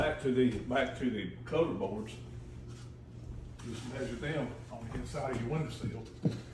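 A window shade mounting board is handled against the inside of a window frame while someone talks. A few soft handling knocks are heard, but the clip ends before the board snaps in, so nothing has seated yet.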